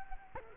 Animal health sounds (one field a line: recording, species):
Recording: mosquito wingbeat signal from an infrared sensor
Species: Culex quinquefasciatus